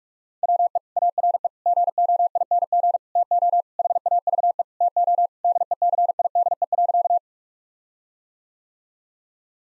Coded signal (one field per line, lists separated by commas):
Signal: Morse code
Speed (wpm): 46 wpm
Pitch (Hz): 700 Hz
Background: none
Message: WE ARE GOING TO HAVE TO DECIDE.